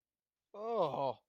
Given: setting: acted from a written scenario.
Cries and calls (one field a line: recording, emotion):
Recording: vocal sound without words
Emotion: fear